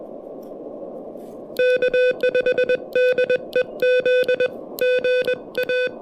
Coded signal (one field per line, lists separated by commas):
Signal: Morse code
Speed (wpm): 21 wpm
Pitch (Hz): 500 Hz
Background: none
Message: K5DEZ GA